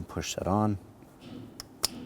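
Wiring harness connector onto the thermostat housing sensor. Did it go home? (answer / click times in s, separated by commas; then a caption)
yes / 1.6 s, 1.9 s. A wiring harness connector is lined up and pushed onto the thermostat housing sensor of a 2008–2013 Infiniti G37 while someone talks. Two sharp clicks follow at 1.6 s and 1.85 s, the second the loudest, as the connector snaps into place and is seated.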